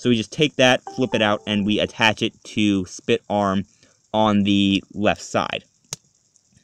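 Someone talks while flipping out a side peg on a transforming plastic Maxus Dragonoid dragon toy and attaching it to the arm socket on the left side. A sharp plastic snap is heard at 5.9 s as the peg seats, finishing that side.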